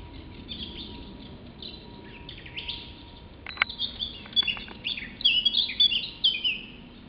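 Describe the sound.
Songbird delivering a busy, jumbled song of high chirps and twittering notes, quieter at first and growing denser and louder in the second half, with a steady faint tone underneath.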